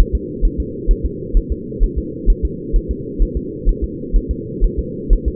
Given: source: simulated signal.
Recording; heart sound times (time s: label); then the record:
fetal heart sounds
0.00 s: S1
0.15 s: S2
0.45 s: S1
0.60 s: S2
0.91 s: S1
1.06 s: S2
1.37 s: S1
1.52 s: S2
1.84 s: S1
1.98 s: S2
2.30 s: S1
2.45 s: S2
2.76 s: S1
2.91 s: S2
3.23 s: S1
3.37 s: S2
3.69 s: S1
3.84 s: S2
4.16 s: S1
4.31 s: S2
4.64 s: S1
4.79 s: S2
5.13 s: S1
5.28 s: S2
From the record:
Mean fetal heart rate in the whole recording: 130 bpm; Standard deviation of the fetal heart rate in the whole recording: 4 bpm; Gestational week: 38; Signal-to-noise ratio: -4.1 dB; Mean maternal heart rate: no maternal heart sound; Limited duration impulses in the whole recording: absent